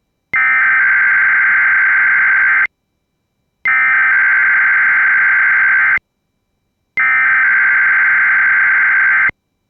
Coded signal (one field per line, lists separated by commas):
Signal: Emergency Alert System (SAME) tones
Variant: header bursts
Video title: A quick WJON/IP EAS RWT